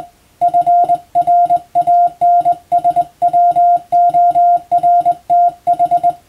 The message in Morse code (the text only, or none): FRANSWORTH